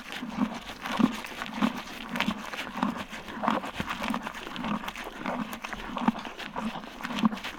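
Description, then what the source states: Horse chewing grain, steady rhythmic crunching with light rustling between bites. Eating grain from a bucket.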